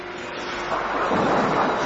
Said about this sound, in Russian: Какая ужасная гроза.